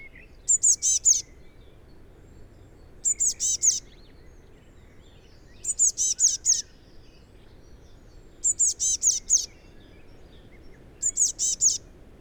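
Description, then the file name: Eurasian blue tit calls: five evenly spaced bursts of high, buzzy, scolding notes, roughly every two and a half seconds, over soft background noise. "Cyanistes caeruleus"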